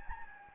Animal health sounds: mosquito wingbeat signal from an infrared sensor; Anopheles gambiae

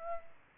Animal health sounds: mosquito wingbeat signal from an infrared sensor; Aedes aegypti

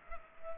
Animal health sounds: mosquito wingbeat signal from an infrared sensor; Culex pipiens

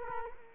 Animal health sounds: mosquito wingbeat signal from an infrared sensor; Culex quinquefasciatus

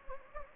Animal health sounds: mosquito wingbeat signal from an infrared sensor; Anopheles gambiae

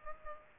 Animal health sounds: mosquito wingbeat signal from an infrared sensor; Aedes aegypti

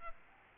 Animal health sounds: mosquito wingbeat signal from an infrared sensor; Aedes albopictus

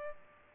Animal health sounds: mosquito wingbeat signal from an infrared sensor; Aedes aegypti

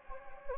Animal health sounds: mosquito wingbeat signal from an infrared sensor; Anopheles gambiae

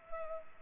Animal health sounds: mosquito wingbeat signal from an infrared sensor; Culex pipiens

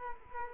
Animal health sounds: mosquito wingbeat signal from an infrared sensor; Culex quinquefasciatus

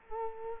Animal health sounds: mosquito wingbeat signal from an infrared sensor; Culex quinquefasciatus

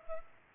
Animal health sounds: mosquito wingbeat signal from an infrared sensor; Culex pipiens

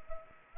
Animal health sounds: mosquito wingbeat signal from an infrared sensor; Culex pipiens

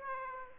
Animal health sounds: mosquito wingbeat signal from an infrared sensor; Aedes aegypti

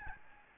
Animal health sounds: mosquito wingbeat signal from an infrared sensor; Aedes albopictus

